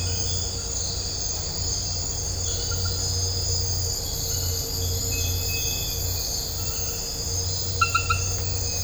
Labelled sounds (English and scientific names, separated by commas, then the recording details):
none
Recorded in dense forest near Puerto Asís, Putumayo, Colombia, on 4 March 2025 at 03:30
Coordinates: 0.468, -76.322
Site GP01